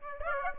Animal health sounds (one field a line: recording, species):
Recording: mosquito wingbeat signal from an infrared sensor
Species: Aedes aegypti